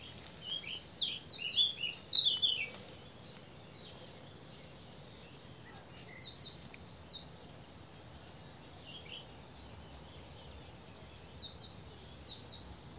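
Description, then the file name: Great tit calls in three spaced bursts of high whistles and falling slurs, the first mixed with lower twittering notes, over faint steady hiss. "Parus major"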